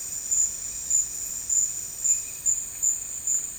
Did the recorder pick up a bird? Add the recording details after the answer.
no. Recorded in dense forest near Puerto Asís, Putumayo, Colombia, on 12 March 2025 at 15:30. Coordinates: 0.485, -76.318. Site G056